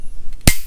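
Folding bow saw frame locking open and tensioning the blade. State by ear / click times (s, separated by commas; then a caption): seated / 0.5 s. A 21-inch Boreal folding bow saw frame is swung open in one simple motion, with two faint ticks at 0.3 and 0.4 seconds. It then snaps into its locked, tensioned position with a sharp, loud click at 0.5 seconds. The frame is seated and the blade has good tension.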